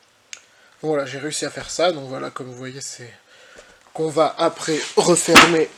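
The rear collar piece of a plastic toy helmet is pulled off, its pieces firmly clipped together so that pulling risks hurting the fingers. It releases with a sharp snap at 0.3 s. Someone then talks.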